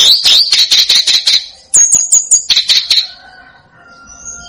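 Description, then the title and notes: Snowy-browed flycatcher singing a fast stream of high chattering notes, broken by a brief run of five tiny ticking notes, before fading to quiet. Masteran song for training songbirds; Indonesian names tledekan gunung and sikatan gunung. "Masteran Tledekan Gunung Sikatan Gunung 1. BURUNG TLEDEKAN"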